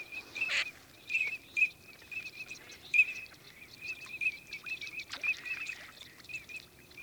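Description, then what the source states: Eurasian teal: short high whistles repeated irregularly, with a harsh burst near the start and soft background noise. 14 October 2006.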